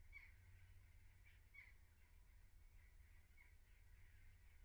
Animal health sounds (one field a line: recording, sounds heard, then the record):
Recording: poultry house recording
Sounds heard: no chicken sound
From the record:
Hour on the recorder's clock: 15